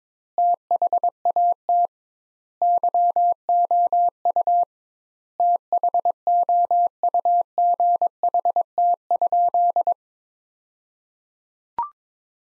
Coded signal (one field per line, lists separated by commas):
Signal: Morse code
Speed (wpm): 22 wpm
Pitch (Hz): 700 Hz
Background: none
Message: THAT YOU THOUGHT?